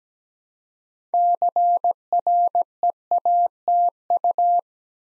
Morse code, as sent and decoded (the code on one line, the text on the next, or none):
-.-. .-. . .- - ..-
CREATU